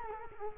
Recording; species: mosquito wingbeat signal from an infrared sensor; Culex quinquefasciatus